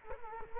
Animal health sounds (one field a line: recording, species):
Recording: mosquito wingbeat signal from an infrared sensor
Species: Culex quinquefasciatus